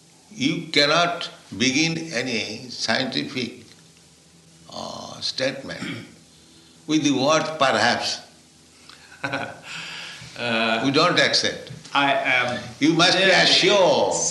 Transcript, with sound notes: You cannot begin any scientific statement with the word "perhaps." [laughs] We don't accept. You must be assured.